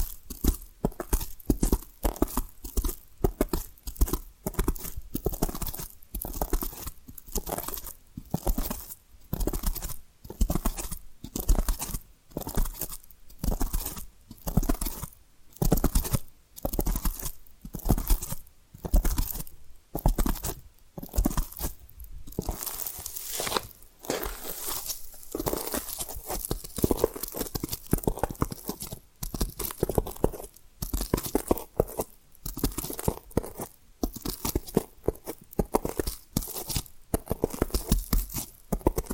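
Rhythmic tapping and scratching repeats roughly every second, crisp and crunchy, with a busier, denser stretch of scratching around twenty-five seconds.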